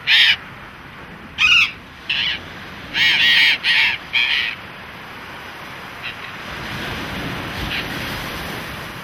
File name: Loro Barranquero Voz